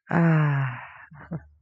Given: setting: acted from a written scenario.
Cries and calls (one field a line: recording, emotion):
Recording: vocal sound without words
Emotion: romantic love